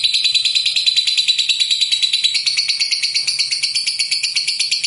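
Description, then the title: Lovebird call: an unbroken, rapid, rattling high chatter throughout, with a faint low hum beneath. "Suara Lovebird"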